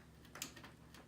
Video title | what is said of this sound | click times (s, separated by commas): Coolermaster Masterbox q300p final build | you hear the click and that's all | 0.4 s